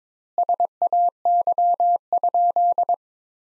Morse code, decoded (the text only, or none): SAY?